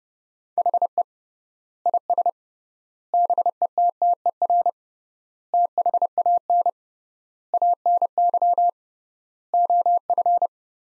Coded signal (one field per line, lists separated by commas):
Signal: Morse code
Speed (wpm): 30 wpm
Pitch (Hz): 700 Hz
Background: none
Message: HE IS BETTER THAN ANY OF